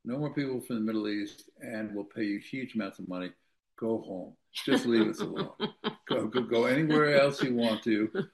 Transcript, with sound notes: no more people from the Middle East and we'll pay you huge amounts of money.
Go home."
(laughs)
"Just leave us alone. Go, go, go anywhere else you want to.